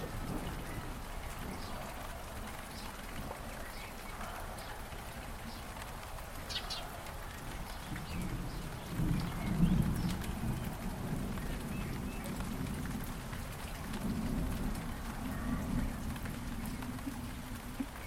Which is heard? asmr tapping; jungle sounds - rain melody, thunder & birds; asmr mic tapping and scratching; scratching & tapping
jungle sounds - rain melody, thunder & birds